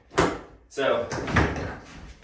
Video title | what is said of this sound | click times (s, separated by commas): Craftsman 12 Gallon Wet Dry Vacuum & Blower: A Game Changer! | you heard that click that means it's locked in if you push this trigger back here guess what it pops right back out again | 0.2 s